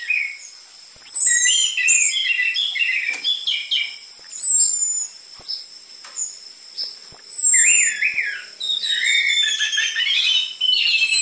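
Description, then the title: Orange-headed thrush song: rich, varied warbled phrases mixed with thin, high, downslurred whistles, delivered in bursts with short pauses, over a steady high-pitched whine. Energetic (gacor) lure (pancingan) and master song material for training caged orange-headed thrushes; dense filler song ('isian rapat'), suited to young spotted 'trotol' birds. "PANCINGAN Anis Merah Gacor Materi Isian Rapat Cocok Untuk MASTERAN Anis Merah TROTOL"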